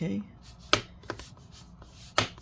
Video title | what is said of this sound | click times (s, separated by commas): HP Spectre x360 Convertible 15-eb1043dx Disassembly SSD Upgrade Battery Replacement Repair No RAM | all right click in those little Clips down there | 0.7 s, 2.2 s